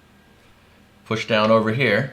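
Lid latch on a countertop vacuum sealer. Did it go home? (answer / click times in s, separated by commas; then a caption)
no / none. A lid latch on a plastic DIKEIBAS countertop vacuum sealer is handled as the second side of the lid is pressed down to lock it closed over the bag. After about a second of near silence, someone talks. The latch has not clicked or seated yet when the clip ends.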